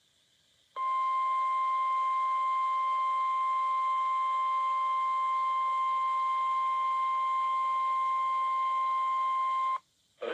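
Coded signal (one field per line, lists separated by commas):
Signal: Emergency Alert System (SAME) tones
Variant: 1050 Hz attention tone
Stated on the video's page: Incomplete required weekly test that went off the air during the test.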